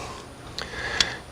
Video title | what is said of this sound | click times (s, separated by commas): Care and Maintenance in Salt or Brackish Environments | you keep a habit of pushing up on this till you hear the little click you know that it's not engaged | 1.0 s